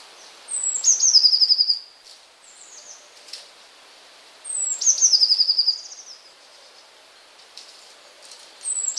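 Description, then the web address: Eurasian blue tit repeating its song twice, each time a sharp high note followed by a fast bright trill, with a third phrase starting at the end. "wroblowe kolekcja modraszka"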